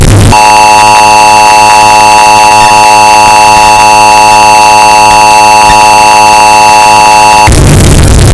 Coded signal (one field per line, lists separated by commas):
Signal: Emergency Alert System (SAME) tones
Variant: 853 and 960 Hz attention tone